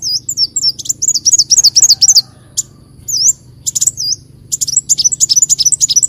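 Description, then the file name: Leafbird song: a quick run of high, looping whistled notes, a couple of single swooping whistles, then a dense stream of sharp twittering notes. "Tieng chim xanh tim"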